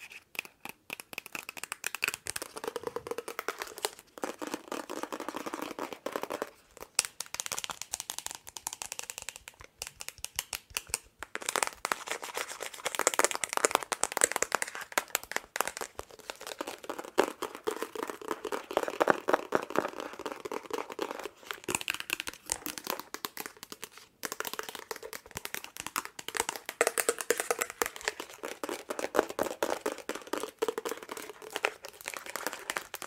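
Long nails tap and scratch in dense, rapid bursts, crisp clicks and rasping strokes running continuously with brief pauses near 4, 11 and 24 seconds.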